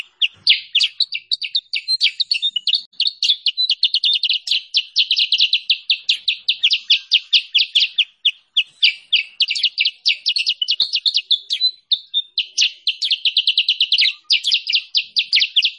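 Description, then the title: Bulbul, continuous song: an unbroken stream of rapid, sharp chirps and twitters, pouring on steadily for about sixteen seconds with hardly a gap. Tutor recording for training caged birds and lure call for trapping them. "Masteran Kutilang Sutra. suara pikat burung kutilang sutra terbaru paling ampuh"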